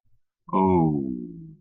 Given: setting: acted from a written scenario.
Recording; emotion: vocal sound without words; romantic love